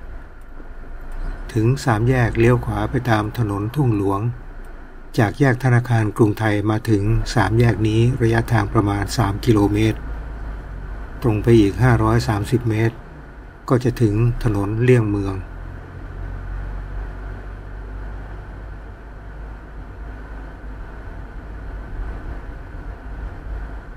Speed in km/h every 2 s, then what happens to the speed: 11, 10, 9, 7, 12, 18, 24, 26, 29, 32, 32, 32.
0-6 steady at about 9. 6-24 speeds up to 32.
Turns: none.